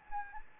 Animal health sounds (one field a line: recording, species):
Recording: mosquito wingbeat signal from an infrared sensor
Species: Anopheles gambiae